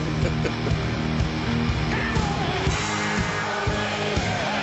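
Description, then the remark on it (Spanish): A dense, continuous roar of a band's concert crowd in Argentina screaming and whooping, loud and steady throughout, with high-pitched yells layered over a sustained low musical hum. “y la verdad que las imágenes impactan, y escuchen los alaridos.”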